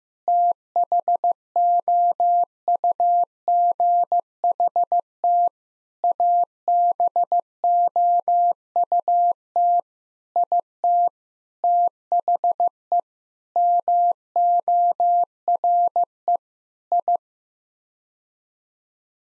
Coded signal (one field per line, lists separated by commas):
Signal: Morse code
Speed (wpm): 15 wpm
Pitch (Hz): 700 Hz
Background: none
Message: THOUGHT ABOUT IT THE MORE I